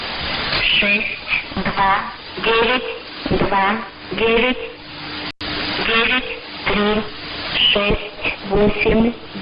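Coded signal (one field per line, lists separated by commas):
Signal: numbers station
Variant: S06s Russian Lady, Russian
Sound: female voice reading short spaced words, the same sequence repeated twice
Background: radio static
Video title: 12 09 2017 Numbers station S06s Russian Lady in Russian to Eu 1014 on 7340 unknown tx site in CUSB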